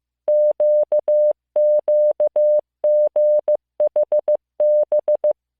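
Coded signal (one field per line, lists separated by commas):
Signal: Morse code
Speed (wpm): 15 wpm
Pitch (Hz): 600 Hz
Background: none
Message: QQGHB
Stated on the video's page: Morse listening practice of random five-character groups of letters, numbers and punctuation.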